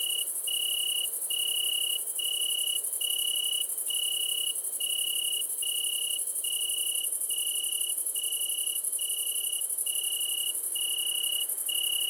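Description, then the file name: Italian tree cricket singing short, pure trilled pulses repeated steadily about once every 0.8 seconds, with a continuous high shrill bush-cricket buzz throughout. Recorded together with great green bush-cricket at Le Puech, Cantal; dated 060921. "grillon-d Italie-et-grande-sauterelle-verte-Le-Puech-Cantal"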